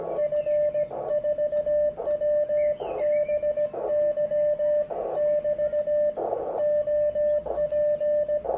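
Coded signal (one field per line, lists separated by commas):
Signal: Morse code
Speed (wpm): 17 wpm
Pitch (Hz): 1800 Hz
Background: radio noise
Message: F4WBY <BT> OP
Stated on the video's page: Elecraft K1 on 30m with a Chameleon Hybrid-Micro and whip (MPAS system) clamped to a terrace rail.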